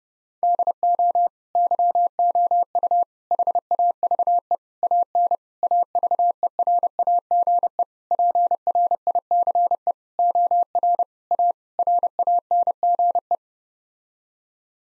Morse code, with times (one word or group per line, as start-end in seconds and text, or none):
0.4-1.3 DO
1.6-3.0 YOU
3.3-4.5 HAVE
4.8-5.3 AN
5.6-7.8 AVERAGE
8.1-9.9 PRICE
10.2-11.0 OR
11.3-11.5 A
11.8-13.3 RANGE